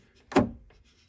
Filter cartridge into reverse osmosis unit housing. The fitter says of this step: just like that so double triple make sure that those are locked in place